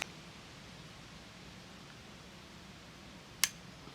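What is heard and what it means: A small clutch spring on a Vento Triton R4 motorcycle clutch is stretched with the tip of a Phillips screwdriver in its hole and pushed down over a quiet, steady hum. It slips into place with a sharp metallic snap at 3.4 s. The spring is still not all the way into the ear and needs tapping in with a hammer.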